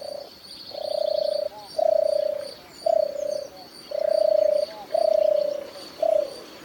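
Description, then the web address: Wood pigeon giving a series of long, steady, mid-pitched cooing notes, about one per second with short gaps. "sons palombes"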